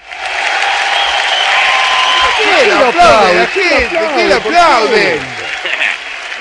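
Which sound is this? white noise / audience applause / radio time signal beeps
audience applause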